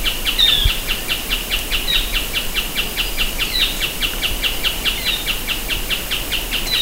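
Bird, a few sharp high downslurred calls at irregular gaps, with continuous fast ticking pulses and broad background noise throughout.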